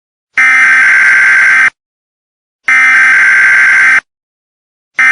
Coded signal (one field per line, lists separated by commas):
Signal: Emergency Alert System (SAME) tones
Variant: header bursts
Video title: "Potential Threat" (Emergency Alert System)